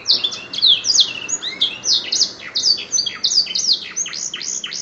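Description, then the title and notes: Canary song of bright, high notes: chirps and rolling trills with clear downward slurs, delivered rapidly and continuously. Canary master song for training cage birds, used to excite other birds into singing. "PANCINGAN SUARA MASTERAN KENARI BIKIN BURUNG MAKIN MENGGILA. masteran kicau kenari"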